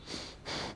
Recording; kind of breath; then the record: one breath in and out by a microphone near the nose and mouth; strong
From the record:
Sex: male